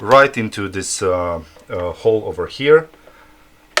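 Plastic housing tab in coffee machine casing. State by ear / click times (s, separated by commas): released / 3.8 s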